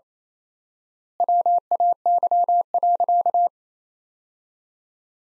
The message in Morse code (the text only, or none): WAY.